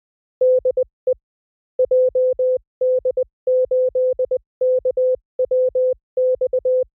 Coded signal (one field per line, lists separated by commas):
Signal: Morse code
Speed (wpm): 20 wpm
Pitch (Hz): 510 Hz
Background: none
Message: DE JD8KWX